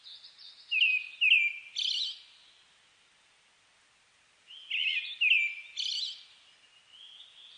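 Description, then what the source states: Brown-headed thrush giving two phrases of paired mellow whistles ending in a high, scratchy buzz, separated by a quiet gap; faint high notes sound before and after. Recorded 29 May 2004.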